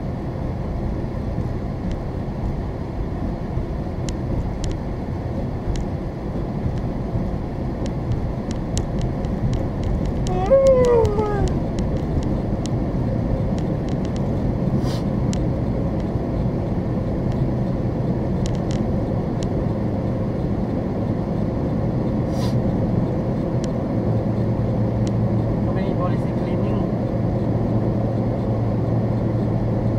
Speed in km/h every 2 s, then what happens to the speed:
29, 29, 31, 34, 37, 42, 48, 52, 53, 56, 60, 63, 66, 64, 66.
0-23 speeds up to 66. 23-30 steady at about 66.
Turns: none.